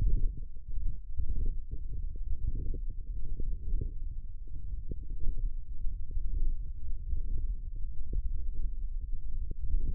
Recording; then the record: forearm muscle sounds (acoustic myography)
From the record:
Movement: hand opening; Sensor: system 1, eight BSWA MPA416 microphones around the upper forearm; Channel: 3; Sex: male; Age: 23 years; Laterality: right